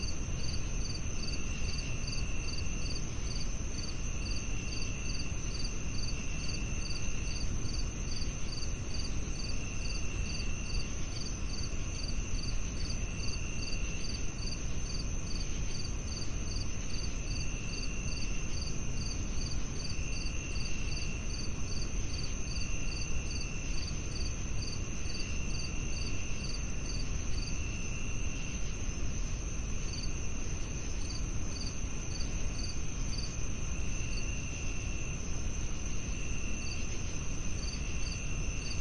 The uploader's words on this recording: A gentle night soundscape. The stage is set with the rhythmic melody of chirping crickets. White noise adds a layer of tranquility, smoothing out the edges of the surrounding sounds.